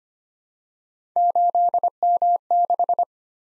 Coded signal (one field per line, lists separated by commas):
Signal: Morse code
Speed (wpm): 25 wpm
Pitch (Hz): 700 Hz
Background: none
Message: 8M6